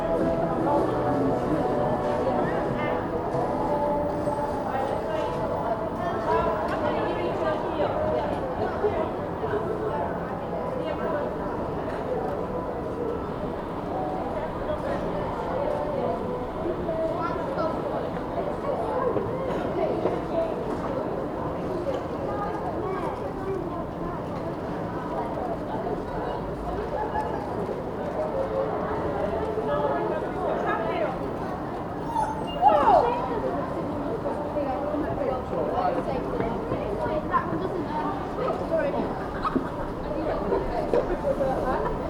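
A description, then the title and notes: A busy up-market shopping street full of people, with a dense, steady murmur of overlapping voices. The crowd noise stays even throughout, with a sharp brief sound near 33 seconds standing out, and a faint dog and passing vehicle in the background. Up-market shopping street. Captured on a street that is home to high-end shops. The street is busy with people shopping for Christmas gifts. It is late afternoon.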